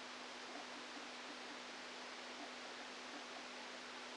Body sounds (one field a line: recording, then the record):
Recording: brain microelectrode recording played as sound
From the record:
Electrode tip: outside the subthalamic nucleus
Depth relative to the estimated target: -4 mm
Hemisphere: left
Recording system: NeuroSet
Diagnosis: Parkinson's disease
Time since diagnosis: 13 years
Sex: male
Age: 49 years